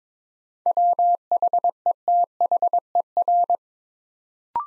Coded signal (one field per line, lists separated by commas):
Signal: Morse code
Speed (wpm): 22 wpm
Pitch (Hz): 700 Hz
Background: none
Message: WHETHER